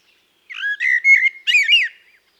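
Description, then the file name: Common blackbird song: a fluty warbled phrase that slides around, then a brief squeaky, scratchy twitter to close, all within about two seconds. "Turdus merula"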